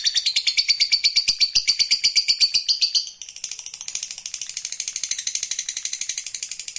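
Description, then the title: Lovebird song: continuous, rapid, high chattering trill that softens midway, then runs on in a thinner, steady pulsing stream. Recording meant to stir a reluctant lovebird into spirited, spontaneous singing right away. "LOVEBIRD Malas Bunyi JADI GREGET SPONTAN Langsung NARIK"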